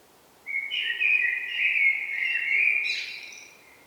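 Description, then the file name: Eurasian blackbird song: a long, unhurried fluty warble of linked whistled notes, closing with a high, thin twittering flourish. "Turdus merula"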